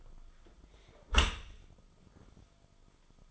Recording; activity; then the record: daily activity, microphone in the room; close dishwasher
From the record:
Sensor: 5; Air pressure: 1004.8 hPa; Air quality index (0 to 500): 93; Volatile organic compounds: 2 ppm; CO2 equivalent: 1126 ppm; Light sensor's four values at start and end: 33/77/31/31 and 33/75/30/30